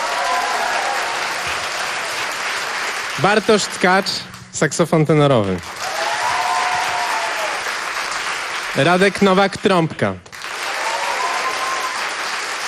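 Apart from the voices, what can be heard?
audience applause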